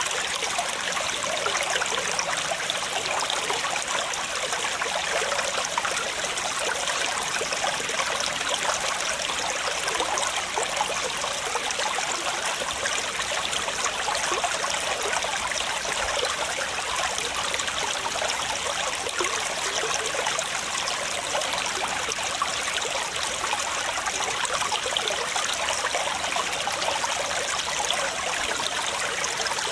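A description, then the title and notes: A waterfall rushes in a steady, dense hiss of falling water, bright, holding the same level without pause for the whole time. Waterfall Sounds.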